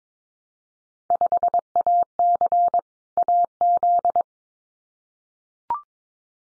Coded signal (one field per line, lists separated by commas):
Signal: Morse code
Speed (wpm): 22 wpm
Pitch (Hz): 700 Hz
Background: none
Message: 5AC AZ